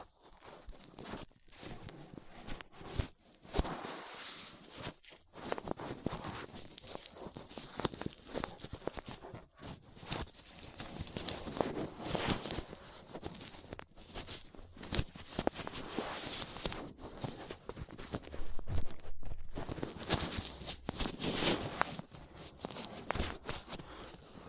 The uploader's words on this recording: ASMR 3Dio Ear Cleaning Latex Gloves, Dental Pick, Cotton Swabs (No Talking).